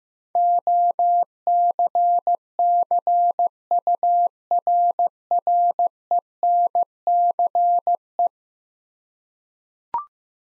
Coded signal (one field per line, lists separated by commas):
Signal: Morse code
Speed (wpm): 16 wpm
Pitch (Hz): 700 Hz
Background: none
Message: OCCURRENCE